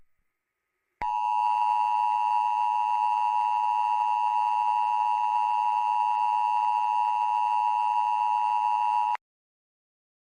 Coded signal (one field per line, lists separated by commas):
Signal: Emergency Alert System (SAME) tones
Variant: 853 and 960 Hz attention tone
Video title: EAS Scenario #13 - The Blackhole